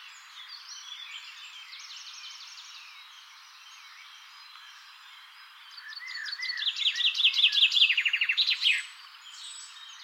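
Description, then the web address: Common chaffinch song: a bright trill of notes descending in steps and ending in a flourish, after fainter bird chatter. "pub SETE data Fringilla coelebs"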